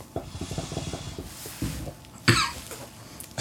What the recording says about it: It's a cough. Yep, it's a hookah. We're in my Middle Eastern themed lounge, which is about 10 by 10.